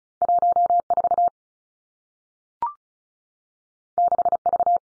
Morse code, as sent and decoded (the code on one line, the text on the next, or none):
.---- / ....- / -.... / ...-
1 4 6 V